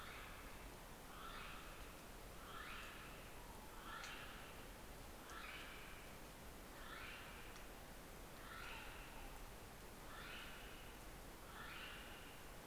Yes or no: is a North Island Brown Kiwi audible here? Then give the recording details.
yes. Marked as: faintness 2/5. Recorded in New Zealand on 9 December 2013. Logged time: 23:28. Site DE65